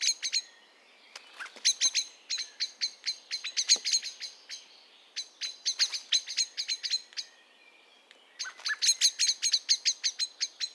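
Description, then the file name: Common blackbird calls: sharp, clicking chinks repeated in rapid bursts, with brief pauses between runs of notes. "Turdus merula"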